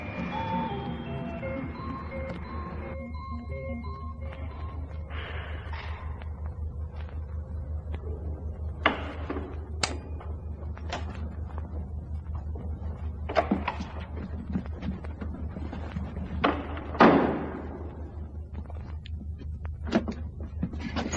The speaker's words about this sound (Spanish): Allí, un pitillo y otro más, hasta que por fin una persiana le anunció que abría.